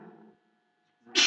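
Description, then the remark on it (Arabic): A faint murmur fades into a brief silence, then a single loud, sudden sneeze bursts out with a sharp, hissy rush of air at the very end. “يرحمك الله”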